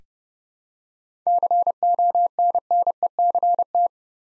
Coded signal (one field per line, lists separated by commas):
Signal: Morse code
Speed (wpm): 29 wpm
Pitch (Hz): 700 Hz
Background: none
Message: CONNECT